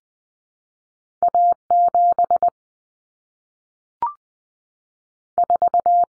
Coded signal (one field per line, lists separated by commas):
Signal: Morse code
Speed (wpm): 20 wpm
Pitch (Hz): 700 Hz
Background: none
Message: A7 4